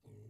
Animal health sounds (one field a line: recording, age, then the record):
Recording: pig call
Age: weaner (32 to 43 days)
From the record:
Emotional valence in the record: negative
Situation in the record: restrain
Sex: male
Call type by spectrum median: low-frequency call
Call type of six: low-frequency stable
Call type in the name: low-frequency stable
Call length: 0.29 s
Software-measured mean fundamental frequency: 58 Hz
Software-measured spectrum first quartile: 110 Hz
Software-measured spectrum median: 184 Hz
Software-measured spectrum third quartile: 496 Hz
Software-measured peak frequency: 117 Hz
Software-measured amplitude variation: 173 dB a second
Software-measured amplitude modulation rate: 17.0 a second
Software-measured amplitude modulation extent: 10.2 dB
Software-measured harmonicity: -2.3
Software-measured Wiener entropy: 0.64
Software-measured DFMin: 1094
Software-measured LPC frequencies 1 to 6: 293, 2119, 2634, 3578, 4325, 4960 Hz